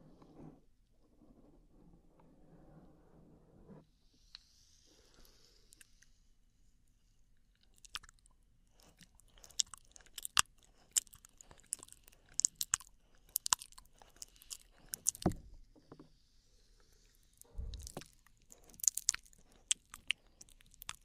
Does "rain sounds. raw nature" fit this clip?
no